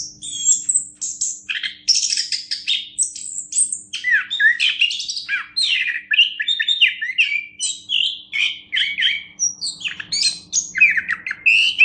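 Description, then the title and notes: Orange-headed thrush pouring out a continuous varied song of whistles and chattering trills, many notes sweeping downward, with a soft background hum. National champion songbird. "Anis Kembang Juara Nasional. kicau anis kembang"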